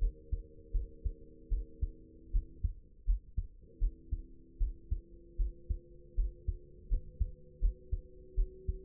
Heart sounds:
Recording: heart sounds by stethoscope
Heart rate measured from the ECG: 79 bpm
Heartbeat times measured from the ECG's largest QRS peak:
0.72 s: heartbeat
1.50 s: heartbeat
2.32 s: heartbeat
3.05 s: heartbeat
3.79 s: heartbeat
4.59 s: heartbeat
5.37 s: heartbeat
6.16 s: heartbeat
6.89 s: heartbeat
7.60 s: heartbeat
8.35 s: heartbeat
From the record:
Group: healthy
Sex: female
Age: 22 years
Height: 161 cm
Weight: 65.5 kg

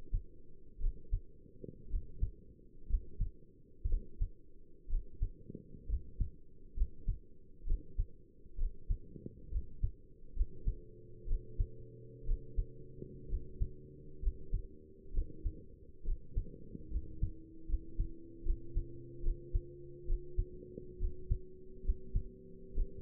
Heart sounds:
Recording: heart sounds by stethoscope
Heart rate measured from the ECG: 66 bpm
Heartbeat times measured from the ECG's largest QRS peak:
0.81 s: heartbeat
1.91 s: heartbeat
2.89 s: heartbeat
3.89 s: heartbeat
4.90 s: heartbeat
5.89 s: heartbeat
6.77 s: heartbeat
7.67 s: heartbeat
8.58 s: heartbeat
9.52 s: heartbeat
10.36 s: heartbeat
11.28 s: heartbeat
12.26 s: heartbeat
13.30 s: heartbeat
14.22 s: heartbeat
15.14 s: heartbeat
16.05 s: heartbeat
16.91 s: heartbeat
17.68 s: heartbeat
18.45 s: heartbeat
19.23 s: heartbeat
20.07 s: heartbeat
21.00 s: heartbeat
21.85 s: heartbeat
22.75 s: heartbeat
From the record:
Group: healthy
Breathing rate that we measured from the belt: 16 breaths a minute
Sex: male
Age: 22 years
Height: 181 cm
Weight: 79 kg

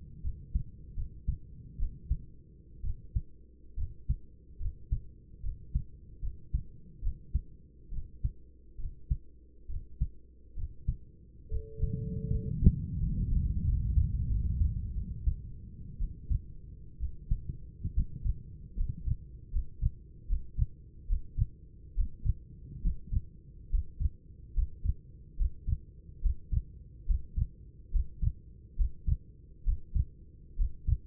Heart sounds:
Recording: heart sounds by stethoscope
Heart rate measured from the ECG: 71 bpm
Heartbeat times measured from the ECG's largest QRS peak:
0.24 s: heartbeat
0.96 s: heartbeat
1.78 s: heartbeat
2.83 s: heartbeat
3.77 s: heartbeat
4.60 s: heartbeat
5.43 s: heartbeat
6.22 s: heartbeat
7.02 s: heartbeat
7.92 s: heartbeat
8.78 s: heartbeat
9.69 s: heartbeat
10.56 s: heartbeat
11.51 s: heartbeat
12.30 s: heartbeat
12.98 s: heartbeat
13.63 s: heartbeat
14.28 s: heartbeat
14.94 s: heartbeat
15.98 s: heartbeat
16.99 s: heartbeat
17.93 s: heartbeat
18.75 s: heartbeat
19.51 s: heartbeat
20.27 s: heartbeat
21.07 s: heartbeat
21.95 s: heartbeat
22.82 s: heartbeat
23.70 s: heartbeat
24.54 s: heartbeat
25.37 s: heartbeat
26.21 s: heartbeat
27.06 s: heartbeat
27.91 s: heartbeat
28.76 s: heartbeat
29.64 s: heartbeat
30.56 s: heartbeat
From the record:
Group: healthy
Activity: rest 0-14 s, breath hold 14-31 s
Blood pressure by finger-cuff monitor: 119/72 mmHg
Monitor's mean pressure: 87 mmHg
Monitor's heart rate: 71 bpm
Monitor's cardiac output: 7.7 L/min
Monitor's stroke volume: 104 mL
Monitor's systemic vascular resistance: 830 dyn s/cm5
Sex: male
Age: 24 years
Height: 184 cm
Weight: 89 kg

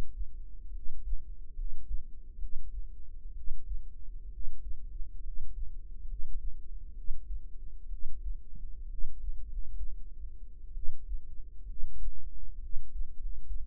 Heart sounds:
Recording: heart sounds by microphone in the right ear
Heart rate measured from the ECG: 67 bpm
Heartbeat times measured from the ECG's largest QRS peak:
0.69 s: heartbeat
1.52 s: heartbeat
2.36 s: heartbeat
3.31 s: heartbeat
4.28 s: heartbeat
5.19 s: heartbeat
6.03 s: heartbeat
6.92 s: heartbeat
7.86 s: heartbeat
8.86 s: heartbeat
9.43 s: heartbeat
10.71 s: heartbeat
11.64 s: heartbeat
12.57 s: heartbeat
13.14 s: heartbeat
From the record:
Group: healthy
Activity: rest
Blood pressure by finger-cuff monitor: 110/70 mmHg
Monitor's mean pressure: 83 mmHg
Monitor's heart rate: 64 bpm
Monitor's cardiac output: 5.4 L/min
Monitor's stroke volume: 82 mL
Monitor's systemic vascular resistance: 1110 dyn s/cm5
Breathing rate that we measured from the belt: 15 breaths a minute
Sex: female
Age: 22 years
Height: 171 cm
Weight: 65.6 kg

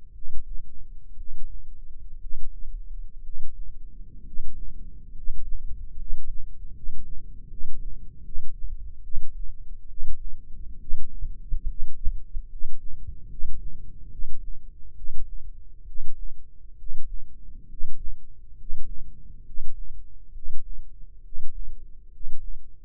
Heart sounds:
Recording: heart sounds by microphone in the left ear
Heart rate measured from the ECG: 68 bpm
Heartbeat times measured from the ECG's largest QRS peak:
0.12 s: heartbeat
1.15 s: heartbeat
2.19 s: heartbeat
3.22 s: heartbeat
4.23 s: heartbeat
5.13 s: heartbeat
5.95 s: heartbeat
6.72 s: heartbeat
7.48 s: heartbeat
8.23 s: heartbeat
9.01 s: heartbeat
9.87 s: heartbeat
10.78 s: heartbeat
11.66 s: heartbeat
12.48 s: heartbeat
13.28 s: heartbeat
14.09 s: heartbeat
14.94 s: heartbeat
15.85 s: heartbeat
16.76 s: heartbeat
17.67 s: heartbeat
18.56 s: heartbeat
19.44 s: heartbeat
20.32 s: heartbeat
21.22 s: heartbeat
22.10 s: heartbeat
From the record:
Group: healthy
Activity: rest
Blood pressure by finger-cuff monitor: 127/77 mmHg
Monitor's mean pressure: 89 mmHg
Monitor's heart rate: 67 bpm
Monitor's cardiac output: 7.2 L/min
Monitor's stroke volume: 106 mL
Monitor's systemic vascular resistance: 890 dyn s/cm5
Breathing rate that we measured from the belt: 10 breaths a minute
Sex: male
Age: 23 years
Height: 178 cm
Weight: 96.6 kg

